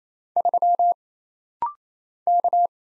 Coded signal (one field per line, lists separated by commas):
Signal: Morse code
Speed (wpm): 27 wpm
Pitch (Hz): 700 Hz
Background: none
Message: 3 K